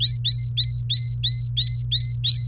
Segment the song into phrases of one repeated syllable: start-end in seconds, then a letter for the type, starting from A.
0.01-2.48 A